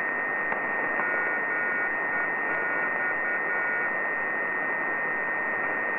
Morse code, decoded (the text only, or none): MEX